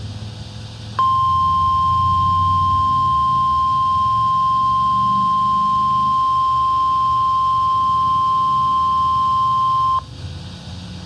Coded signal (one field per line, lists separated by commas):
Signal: Emergency Alert System (SAME) tones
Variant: 1050 Hz attention tone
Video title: KHB32 Required Weekly Test | EAS #144